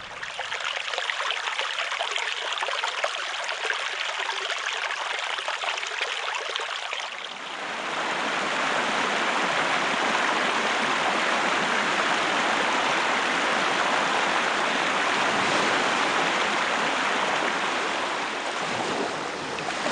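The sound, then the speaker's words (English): A stream of water flows steadily, a continuous hiss and splash with no voices. About a third of the way in it swells into a fuller, deeper rush that holds to the end. “Water sounds.”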